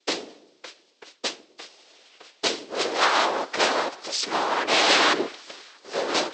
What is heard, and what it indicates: Snare and Vocals, Cochlear Implant Simulation by Mother Jones.